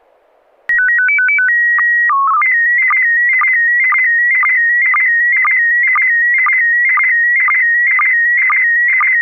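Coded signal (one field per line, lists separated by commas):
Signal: SSTV (slow-scan television)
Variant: PD 120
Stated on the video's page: SSTV images sent during a weekly amateur SSTV net on an FM repeater at 441.300 MHz, using MMSSTV software.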